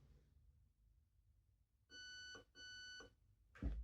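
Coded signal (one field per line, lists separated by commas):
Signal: beep code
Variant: Specna Arms HAL ETU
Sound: two steady half-second beeps close together, then a soft mechanical thump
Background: quiet room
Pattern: 2 long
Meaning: Settings saved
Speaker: I'm just going to hold the trigger down for 3 seconds. That's now configured.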